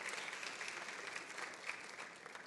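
An audience at a Methodist cathedral church service applauds Jesus steadily, a dense wash of many hands clapping at an even level throughout, with no pauses and no voices standing out.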